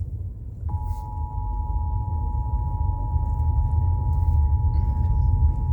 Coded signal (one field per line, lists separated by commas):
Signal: Emergency Alert System (SAME) tones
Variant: 853 and 960 Hz attention tone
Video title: (EAS #25) Required monthly test (fm radio) 9/7/2021